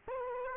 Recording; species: mosquito wingbeat signal from an infrared sensor; Aedes aegypti